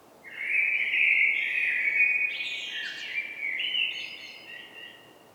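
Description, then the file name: Common blackbird delivering one long, continuous fluty warble that wavers in pitch, with faint higher twittering over it. "Turdus merula"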